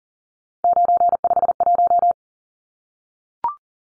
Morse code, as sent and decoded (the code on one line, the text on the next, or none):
----. ..... .----
951